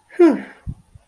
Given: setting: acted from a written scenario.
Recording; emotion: vocal sound without words; relief